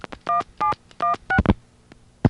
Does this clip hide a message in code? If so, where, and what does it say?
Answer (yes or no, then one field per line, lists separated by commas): yes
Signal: DTMF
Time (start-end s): 0.3-1.4 s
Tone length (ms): 120 ms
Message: 1716